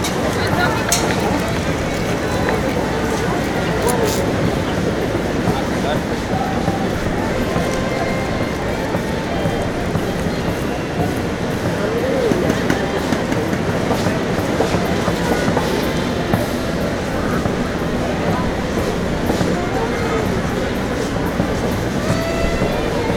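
Washington Square Park ambience, with a dense, even murmur of many overlapping voices that never pauses across the whole stretch. A low, steady rumble like passing traffic or a train runs underneath. Occasional brief taps and clicks surface above the chatter.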